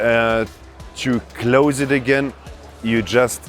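Someone talks while handling a plate carrier's quick-release closure buckle, about to push its two halves together into the mating receiver to close it again. Nothing has seated or clicked yet.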